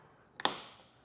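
The supplied torque tool tightens a Yakima TimberLine roof rack crossbar tower clamp on the raised roof rail of a 2024 Toyota 4Runner. After a small click at 0.4 s, the tool gives a sharp, bright pop at 0.5 s that rings out and fades. The pop shows the clamp has reached the set torque and is tightened down enough.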